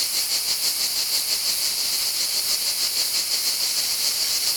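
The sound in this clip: Continuous shrill cicada buzz, rough and hissing, throbbing in quick regular pulses throughout.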